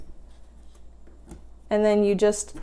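A mop handle is lined up with the sprayer socket of a spray mop and tried for fit before being pushed home, with quiet handling rustle and a faint tap near 1.3 s. Someone talks from about 1.7 s. Nothing has locked or clicked into place yet.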